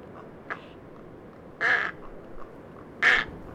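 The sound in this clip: Dimorphic egret producing two loud, grating squawks after a few faint notes, ending with the start of a third call.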